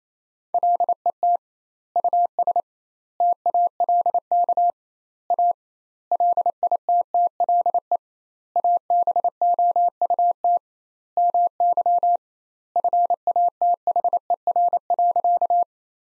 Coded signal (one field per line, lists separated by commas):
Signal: Morse code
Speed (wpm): 28 wpm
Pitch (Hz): 700 Hz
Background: none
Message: LET US TALK A LITTLE ABOUT MY FATHER.